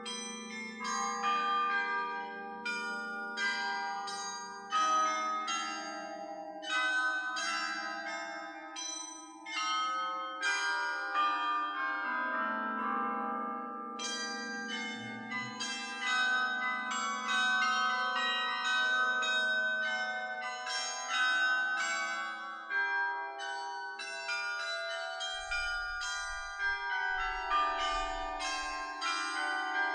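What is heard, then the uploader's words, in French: A carillon plays a tune in a steady stream of overlapping bell strikes, each note ringing out and decaying into the next. The bells sound bright, with a lower hum of sustained tones beneath, and a brief low rumble near the end. Le carillon d'Echternach. Echternach,Place du marché. Il est midi on apprécie un café sur une des terrasses ensoleillées du marché.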